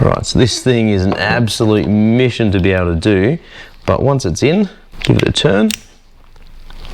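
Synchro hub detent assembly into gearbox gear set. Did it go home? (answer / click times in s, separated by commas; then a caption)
yes / 6.7 s, 6.8 s. Someone talks while turning the spring-loaded synchro hub detent assembly, worked into place with picks, inside the metal gear set of a Classic Mini A-series gearbox being converted from helical to straight-cut gears. Quiet clicks follow at 6.7 s and 6.9 s as the assembly snaps into gear and locks itself in.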